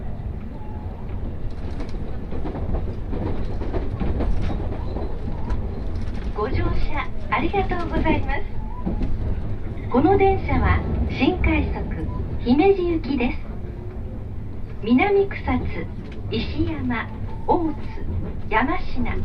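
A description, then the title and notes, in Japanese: Aboard a Tokaido Line special rapid train, a steady low rumble runs throughout while voices, including a woman's, talk in bursts over it. 耳で楽しむ鉄道旅 東海道本線新快速 草津→新大阪。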